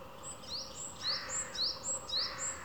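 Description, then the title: Japanese tit song: a thin high whistle followed by a rising lower note, repeated several times. Repeated tsu-pee tsu-pee song; the tone and rhythm of the voice change subtly partway through. "シジュウカラのつーぴーつーぴー"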